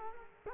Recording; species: mosquito wingbeat signal from an infrared sensor; Culex quinquefasciatus